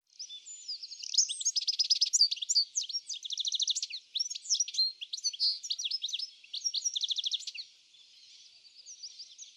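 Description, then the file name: European goldfinch giving a long, lively twitter of tinkling chirps, rapid buzzy rattles and sweeping notes in several bursts, fading to quiet soft chatter near the end. "Carduelis carduelis"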